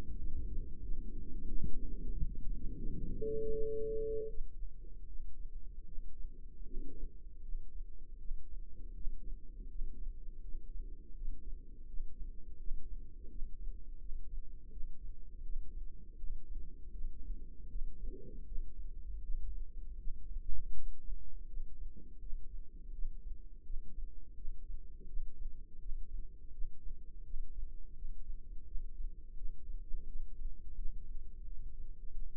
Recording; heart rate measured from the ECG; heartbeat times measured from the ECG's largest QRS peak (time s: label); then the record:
heart sounds by microphone in the left ear; 83 bpm
0.16 s: heartbeat
0.81 s: heartbeat
1.46 s: heartbeat
2.11 s: heartbeat
2.77 s: heartbeat
3.51 s: heartbeat
4.28 s: heartbeat
5.06 s: heartbeat
5.85 s: heartbeat
6.63 s: heartbeat
7.41 s: heartbeat
8.17 s: heartbeat
8.93 s: heartbeat
9.67 s: heartbeat
10.41 s: heartbeat
11.14 s: heartbeat
11.86 s: heartbeat
12.57 s: heartbeat
13.28 s: heartbeat
13.98 s: heartbeat
14.70 s: heartbeat
15.42 s: heartbeat
16.16 s: heartbeat
16.90 s: heartbeat
17.68 s: heartbeat
18.44 s: heartbeat
19.21 s: heartbeat
19.97 s: heartbeat
20.72 s: heartbeat
21.46 s: heartbeat
22.19 s: heartbeat
22.91 s: heartbeat
23.62 s: heartbeat
24.34 s: heartbeat
25.06 s: heartbeat
25.78 s: heartbeat
26.51 s: heartbeat
27.23 s: heartbeat
27.93 s: heartbeat
28.64 s: heartbeat
29.34 s: heartbeat
30.05 s: heartbeat
30.74 s: heartbeat
31.43 s: heartbeat
32.11 s: heartbeat
From the record:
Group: healthy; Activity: rest 0-5 s, Valsalva maneuver 5-32 s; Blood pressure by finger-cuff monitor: 160/113 mmHg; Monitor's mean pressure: 131 mmHg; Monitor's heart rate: 83 bpm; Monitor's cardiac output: 4.5 L/min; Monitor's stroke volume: 54 mL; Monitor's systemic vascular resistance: 2170 dyn s/cm5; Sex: female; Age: 51 years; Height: 162 cm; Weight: 70.04 kg